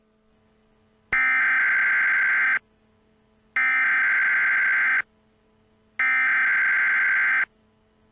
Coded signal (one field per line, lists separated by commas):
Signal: Emergency Alert System (SAME) tones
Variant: header bursts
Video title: EAS Scenario: The Eruption of Mount St. Helens 2018